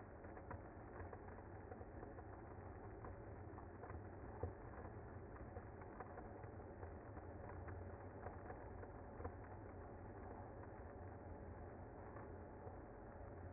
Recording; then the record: honeybee colony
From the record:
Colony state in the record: active